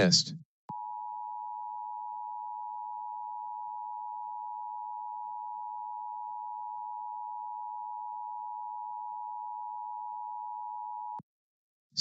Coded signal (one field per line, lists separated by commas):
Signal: Emergency Alert System (SAME) tones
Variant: 853 and 960 Hz attention tone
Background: speech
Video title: SPECIAL EDITION: DX Central Live | 1150 - KSEN - Shelby, Montana DX Test | Sunday, April 9, 2023